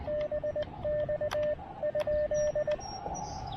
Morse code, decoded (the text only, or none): BX?